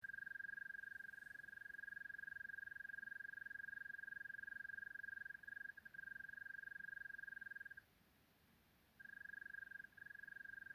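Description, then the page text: European mole cricket producing a continuous purring trill with a couple of tiny breaks, a pause of about a second, then the even churr resumes. One singing individual observed in Līvāni municipality, Latvia, on 19 April 2025 at 22:43, at night. "Zemesvēzis, Gryllotalpa gryllotalpa Observation time 19-Apr-2025 plkst. 22:43 Līvānu novads"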